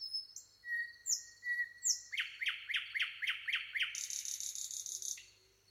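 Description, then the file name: Common nightingale song with high slurred whistles, then a fast series of about seven repeated chopped notes rolling into a harsh buzzy rattle. "Luscinia megarhynchos"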